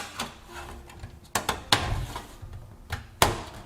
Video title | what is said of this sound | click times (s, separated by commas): How To Build the Best Cheap $500 Gaming AND All Around PC In 2020 Step-by-Step | push it in and it will click into place so | 1.4 s, 1.7 s, 3.2 s